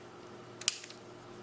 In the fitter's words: you'll hear it click